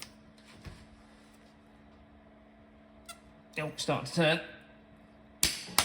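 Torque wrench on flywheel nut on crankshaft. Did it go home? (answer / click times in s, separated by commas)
yes / 5.4 s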